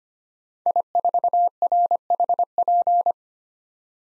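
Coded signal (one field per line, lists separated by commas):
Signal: Morse code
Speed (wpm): 25 wpm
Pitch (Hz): 700 Hz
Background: none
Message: I4RHP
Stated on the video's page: Morse head-copy drill of common POTA hunter call signs at 25 wpm, each sent, then spoken, then sent again.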